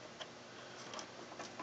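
A RAM memory module is pressed into its motherboard DIMM slot, where the tabs are meant to snap shut by themselves. A faint click is heard at 0.9 s over a steady hiss, with another small tick near 1.6 s. Only one side of the module has latched.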